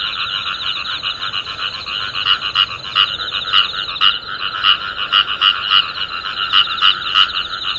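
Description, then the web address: Frogs calling in a dense chorus, rapid pulsed croaking notes overlapping continuously, with louder bursts throughout. "tera kaeru"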